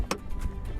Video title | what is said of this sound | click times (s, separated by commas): Everything Wrong With My 2000 Dodge Viper GTS | see it pops but it sits right here | 0.1 s